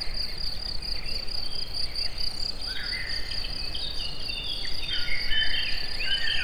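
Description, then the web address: Cricket chirping: a continuous, finely pulsed high trill that holds one steady pitch, with scattered swooping bird notes and a constant rushing background. In nature at the forest edge near the Eger tourist house. "allathangok termeszetben tucsok mindenfeleazerdoszelen egerturistahaz"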